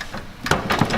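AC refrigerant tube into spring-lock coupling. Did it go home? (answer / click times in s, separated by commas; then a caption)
yes / 0.5 s. Oiled AC refrigerant tubes are pushed back into their spring-lock couplings at the heater box area of a 2000 Jeep Cherokee Sport during a heater core replacement. Two sharp snaps land close together at about 0.5 s and 0.5 s, and the couplings are seated.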